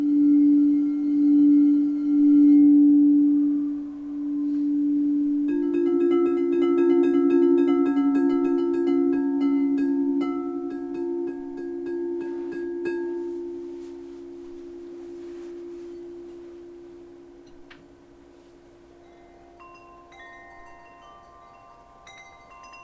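Crystal bowls ring with a pure, sustained low-mid tone that wavers and beats in the first few seconds. Around five seconds a second bowl joins, layering shimmering overtones. The sound slowly fades after fifteen seconds while a few higher, brighter tones enter near the end.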